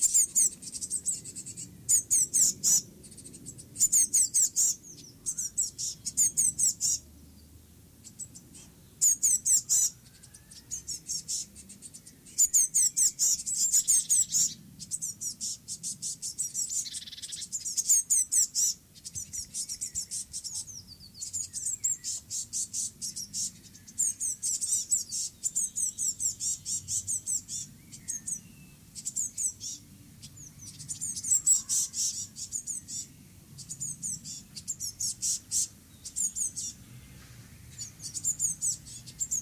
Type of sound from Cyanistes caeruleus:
call